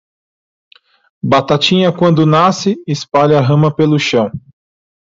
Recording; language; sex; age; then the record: short text; Brazilian Portuguese; male; 30 to 39 years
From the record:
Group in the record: control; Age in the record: 34 years